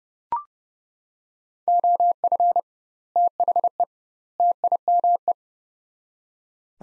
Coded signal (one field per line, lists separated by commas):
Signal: Morse code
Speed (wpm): 30 wpm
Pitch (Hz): 700 Hz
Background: none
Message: OF THE TIME